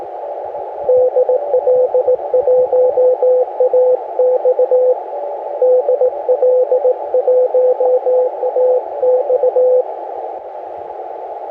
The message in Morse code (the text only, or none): DL1AX DL1AX